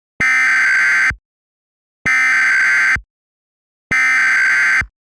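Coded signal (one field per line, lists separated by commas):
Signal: Emergency Alert System (SAME) tones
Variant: header bursts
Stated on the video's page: Mock EAS alert, fictional, modeled on the Alberta Emergency Public Warning System internet demo.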